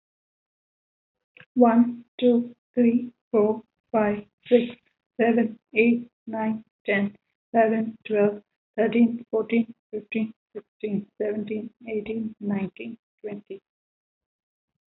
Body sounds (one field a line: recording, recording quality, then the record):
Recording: counting at a normal pace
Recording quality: excellent, no background noise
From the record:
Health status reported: healthy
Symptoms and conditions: none ticked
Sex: female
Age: 32 years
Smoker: not ticked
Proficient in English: yes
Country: India